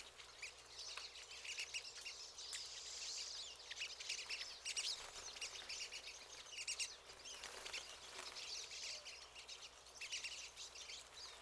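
Pine siskins in a chattering flock, a steady high twitter with drawn-out buzzy notes standing out.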